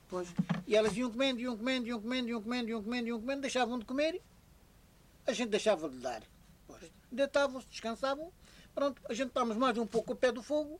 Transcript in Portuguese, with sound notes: Pois. E elas iam comendo, iam comendo, iam comendo, iam comendo, iam comendo, iam comendo… Deixavam de comer, [pausa] a gente deixava de lhe dar. Pois. Deitavam-se, descansavam, pronto! A gente estávamos mais um pouco ao pé do fogo,